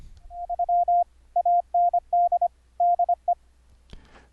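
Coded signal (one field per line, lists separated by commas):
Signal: Morse code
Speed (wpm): 25 wpm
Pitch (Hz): 700 Hz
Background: none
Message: W AND DE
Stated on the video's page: CW from a software keyboard, sent over the internet through Mumble using Reaper and virtual audio cables.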